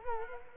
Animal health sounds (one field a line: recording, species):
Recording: mosquito wingbeat signal from an infrared sensor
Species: Culex quinquefasciatus